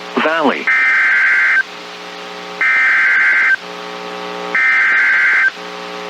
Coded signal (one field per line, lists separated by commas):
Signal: Emergency Alert System (SAME) tones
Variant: header bursts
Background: speech